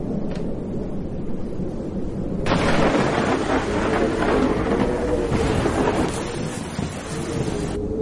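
A thunderstorm in the darkness: a low, steady rumble of rain that suddenly swells into a loud, sustained roll of thunder, the heavy downpour continuing beneath it. No voices.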